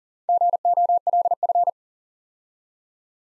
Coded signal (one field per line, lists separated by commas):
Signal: Morse code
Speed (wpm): 43 wpm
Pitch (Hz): 700 Hz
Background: none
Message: GOLF